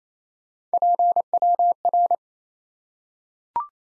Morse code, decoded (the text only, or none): PWR